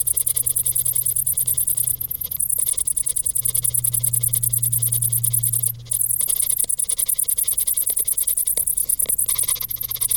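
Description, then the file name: Cricket chirping rapidly and steadily, with a deeper humming tone swelling in the background. "Grillen"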